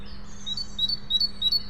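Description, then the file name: Great tit giving a few quick two-note phrases in a short bright burst over a faint constant hum. "Parus major"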